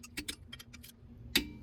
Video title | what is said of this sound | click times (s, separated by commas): Installing spacers on my GR86! Spacers-Coilovers-Mods! | So don't add additional pressure, just wait until you hear that click. | 1.4 s